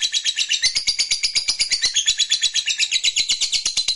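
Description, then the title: Lovebird chattering in an unbroken high, buzzy trill of fast, even pulses. Fighter lovebird performing ngekek panjang, a long trill. "Begitu Dengar Suara Lovebird FIGHTER NGEKEK PANJANG"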